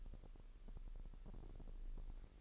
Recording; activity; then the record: daily activity, microphone in the room; take from stove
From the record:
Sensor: 5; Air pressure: 1002.1 hPa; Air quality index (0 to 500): 249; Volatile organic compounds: 9 ppm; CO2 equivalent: 2160 ppm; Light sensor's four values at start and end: 21/46/20/23 and 21/45/20/22